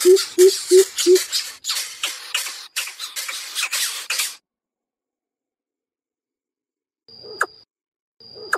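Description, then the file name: Greater coucal calls: four deep hoots, then harsh, hissy rasps repeated rapidly, a pause, and two sharp clicks with a thin high tone. Chick calling its mother. "Tieng bim bip non keu goi me"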